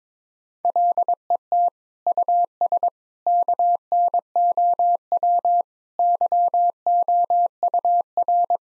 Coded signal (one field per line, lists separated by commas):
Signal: Morse code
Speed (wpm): 22 wpm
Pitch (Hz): 700 Hz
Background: none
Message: LET US KNOW YOUR